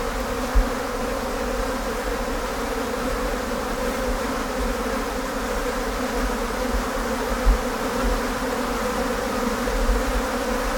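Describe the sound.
Blowflies buzzing in a dense, steady drone with several overlapping hums and a couple of brief louder knocks.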